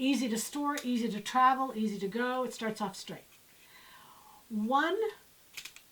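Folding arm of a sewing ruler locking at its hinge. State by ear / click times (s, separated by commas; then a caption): seated / 5.6 s, 5.7 s, 5.8 s. Someone talks while one arm of a folding sewing ruler, which starts off straight, is swung up at its hinge. Short clicks are heard at 5.6, 5.7 and 5.8 seconds as the arm locks into place at 90 degrees.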